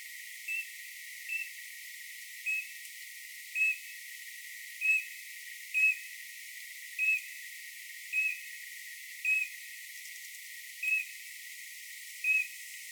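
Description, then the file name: Eurasian bullfinch giving a series of about eleven soft, short piping whistles over a faint steady hiss. "Pyrrhula pyrrhula"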